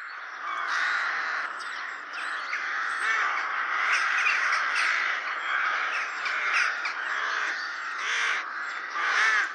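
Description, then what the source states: Rook colony calling together, a continuous wash of harsh caws with louder calls rising out of the chorus now and then. Rookery, a breeding colony in the UK.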